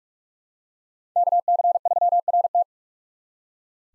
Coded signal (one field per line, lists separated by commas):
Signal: Morse code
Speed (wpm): 42 wpm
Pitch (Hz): 700 Hz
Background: none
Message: KC3RT